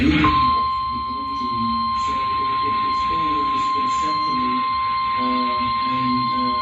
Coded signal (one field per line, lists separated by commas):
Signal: Emergency Alert System (SAME) tones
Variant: 1050 Hz attention tone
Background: speech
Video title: Severe Thunderstorm Warning EAS (WVIZ) 9/24/24